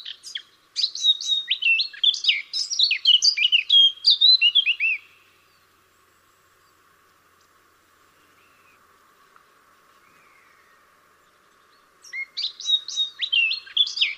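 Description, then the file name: Eurasian blackcap song: a long, rapid, rich warble lasting several seconds, a pause of quiet, then a new phrase begins. "Sylvia atricapilla"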